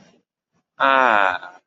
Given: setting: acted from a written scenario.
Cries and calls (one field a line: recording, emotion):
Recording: vocal sound without words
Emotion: contentment